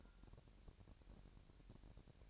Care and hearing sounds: daily activity, microphone in the room; take from stove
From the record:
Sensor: 2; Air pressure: 1011.9 hPa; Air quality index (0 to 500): 189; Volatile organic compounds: 3 ppm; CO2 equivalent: 1342 ppm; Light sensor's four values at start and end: 71/169/69/65 and 71/168/69/65

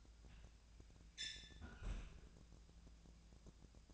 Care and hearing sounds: daily activity, microphone in the room; close fridge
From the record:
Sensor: 2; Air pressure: 999.9 hPa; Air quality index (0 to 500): 125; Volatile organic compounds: 2 ppm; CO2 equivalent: 1071 ppm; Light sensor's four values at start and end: 29/73/31/34 and 29/73/31/35

